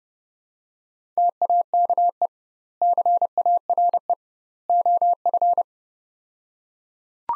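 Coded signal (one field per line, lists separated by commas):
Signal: Morse code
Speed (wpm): 30 wpm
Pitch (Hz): 700 Hz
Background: none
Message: TAKE CARE OF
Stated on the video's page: Morse practice of three-word sets at 30 wpm with 2x word spacing, a Farnsworth-like approach for words.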